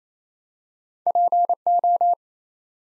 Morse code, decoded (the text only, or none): PO